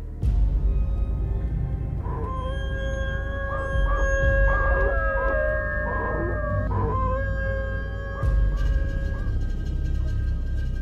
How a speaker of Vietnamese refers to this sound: Ở trên người tôi mơ mơ hồ hồ hiện ra hình ảnh một con chó sói cao to. Con chó sói ngửa mặt lên trời hú lên một hồi quái dị.